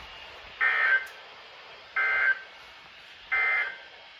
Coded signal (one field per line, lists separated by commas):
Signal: Emergency Alert System (SAME) tones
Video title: Floods, High Winds, and Thunder - Alerts from 2/11-16/25 (EAS #1472 - 1485)